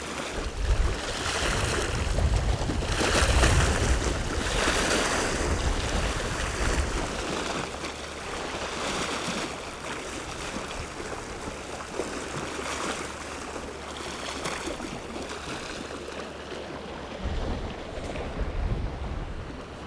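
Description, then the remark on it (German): Steady wind roars and buffets the microphone while waves wash in at the shore of a Hallig, reinforced with bitumen-bonded concrete blocks, with broad surges of hiss, swelling loudest early and again near the end. No one speaks. “Damit Wind und Wellen die Hallig und das Land hier vor der Hallig nicht abtragen können, hat man die ganze Sache befestigt mit Betonsteinen.”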